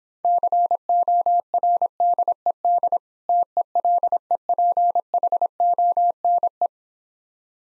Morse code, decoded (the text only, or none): CORDED TELEPHONE